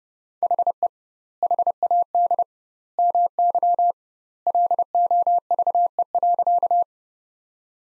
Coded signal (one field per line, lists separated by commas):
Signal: Morse code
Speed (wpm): 31 wpm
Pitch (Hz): 700 Hz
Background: none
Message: HE HAD MY LOVE.